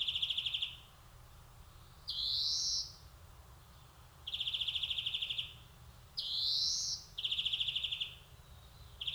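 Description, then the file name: European greenfinch giving buzzy rising wheezes in turn with fast, even twittering trills, each phrase roughly a second long, the pattern repeating. "Chloris chloris"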